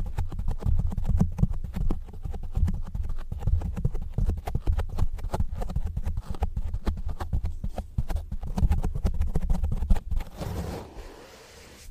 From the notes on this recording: Lots of scratching and rough textures